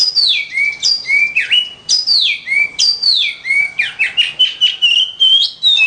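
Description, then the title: Oriental magpie-robin song: varied loud whistled phrases, many sweeping downward then flattening, in quick succession. "suara kacer"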